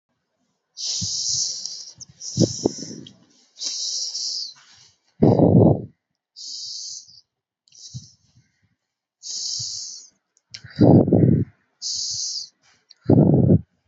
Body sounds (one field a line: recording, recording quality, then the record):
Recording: deep breathing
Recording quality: excellent, no background noise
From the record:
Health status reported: healthy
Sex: female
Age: 26 years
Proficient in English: yes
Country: India